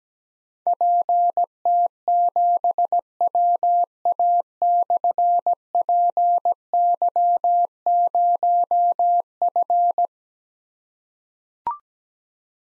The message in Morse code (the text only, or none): PT7WA/PY0F